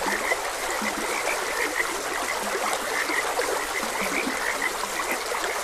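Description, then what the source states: Frog chorus of brief repeated croaks, mixed with continuous running water. Frogs croaking beside a gentle stream; a nature ambience recording.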